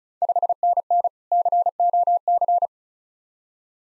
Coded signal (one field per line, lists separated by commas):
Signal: Morse code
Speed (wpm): 36 wpm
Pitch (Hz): 700 Hz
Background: none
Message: 5NN COC